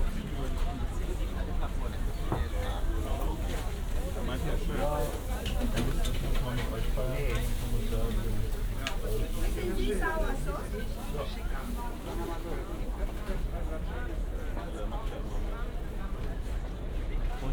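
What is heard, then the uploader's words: Many voices overlap in a busy outdoor market, with conversations blending into a steady chatter that never drops out. A low rumble sits underneath throughout, and brief clicks and rustles, like bags or coins, break through now and then. Wochenmarkt Winterfeldtplatz. Snippets of conversations on a sunny Saturday morning: Market visitors enjoying the company of others, chatting with sellers about their latest offerings or haggling on price. A collection of plastic bags, coins and human communication.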